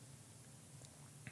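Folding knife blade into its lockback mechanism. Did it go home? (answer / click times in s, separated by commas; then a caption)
yes / 1.3 s. A folding lockback knife, the Blackbeard with a skull on it and a dark stonewash finish 440C blade, is opened until the lockback engages. After a quiet stretch with a low steady hum, a short sharp click sounds at 1.3 s as the blade locks open and seats firmly into place.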